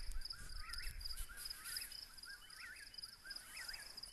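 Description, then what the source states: Eastern whip-poor-will whistles, softer rising phrases repeated, beneath a constant high insect trill, with brief low thumps at the start. Several birds recorded at night.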